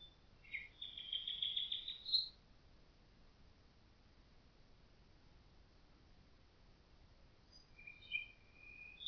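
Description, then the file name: Common nightingale song, a rapid buzzy trill rising at its end, a long silence, then a couple of soft whistles and a click. "Nachtigall"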